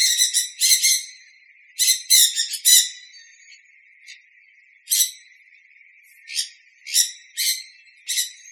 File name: Sun Conure